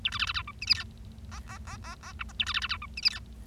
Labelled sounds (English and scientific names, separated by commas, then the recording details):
Bengalese Finch (Lonchura striata domestica) song
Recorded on 25 March 2012 at 16:35
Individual gy6or6